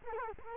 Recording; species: mosquito wingbeat signal from an infrared sensor; Culex quinquefasciatus